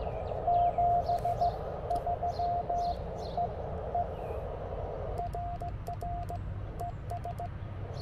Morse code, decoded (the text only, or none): 73 EE RR ES